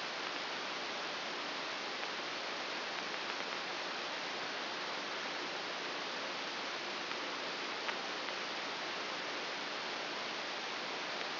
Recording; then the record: brain microelectrode recording played as sound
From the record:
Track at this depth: outside the subthalamic nucleus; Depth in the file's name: 6.401 mm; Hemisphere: right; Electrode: 2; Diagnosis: Parkinson's disease